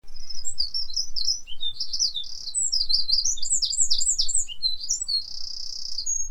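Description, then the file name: Eurasian wren song: a loud, fast, high stream of sharp trills and twittering notes lasting about six seconds, ending in a rapid rattling trill. "Troglodytes troglodytes"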